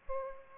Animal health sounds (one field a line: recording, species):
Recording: mosquito wingbeat signal from an infrared sensor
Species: Aedes aegypti